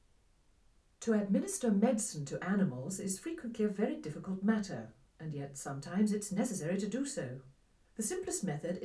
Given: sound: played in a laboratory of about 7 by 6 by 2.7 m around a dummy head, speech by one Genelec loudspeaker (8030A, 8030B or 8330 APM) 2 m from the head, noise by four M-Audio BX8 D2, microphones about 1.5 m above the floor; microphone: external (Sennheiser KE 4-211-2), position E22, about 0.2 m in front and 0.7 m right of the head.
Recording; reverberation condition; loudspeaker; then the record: female speech in English; low; 90 degrees to the left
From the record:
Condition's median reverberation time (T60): about 310 ms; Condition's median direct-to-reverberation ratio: about 3.5 dB